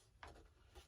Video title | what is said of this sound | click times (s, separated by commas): Arrows F-86 Sabre (Build) | snapped right in | 0.2 s